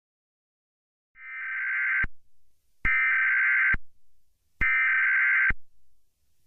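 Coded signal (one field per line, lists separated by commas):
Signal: Emergency Alert System (SAME) tones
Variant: header bursts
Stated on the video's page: Fictional EAS scenario about a Yellowstone supervolcano eruption; simulated alert, not a real broadcast.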